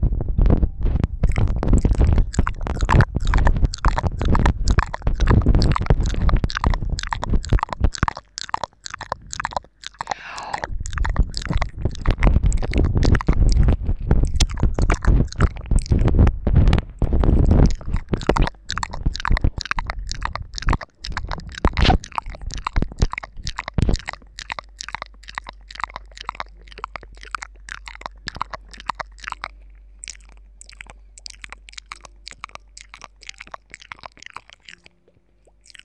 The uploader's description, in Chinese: 双人效果口腔音（略暴力）